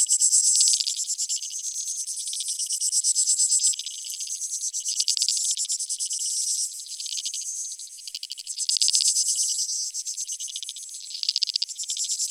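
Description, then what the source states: Insects in a shrill chorus of overlapping pulsed trills that swells and ebbs, nothing else audible. Field recording from Australia or Portugal, 2011, of creek insects, used in a collaborative soundwork; some recordings unaltered, others processed.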